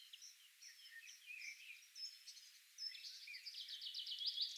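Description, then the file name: Eurasian wren song: soft scattered high whistles at first, then a quiet but rapid, rattling trill building toward the close. "Troglodytes troglodytes"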